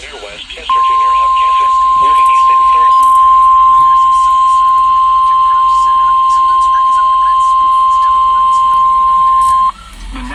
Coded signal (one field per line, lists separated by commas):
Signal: Emergency Alert System (SAME) tones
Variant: 1050 Hz attention tone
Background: speech